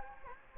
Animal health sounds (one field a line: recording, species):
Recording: mosquito wingbeat signal from an infrared sensor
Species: Anopheles gambiae